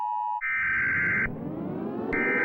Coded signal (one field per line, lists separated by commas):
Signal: Emergency Alert System (SAME) tones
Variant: header bursts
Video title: A ban clip that was never Released in rating EAS 1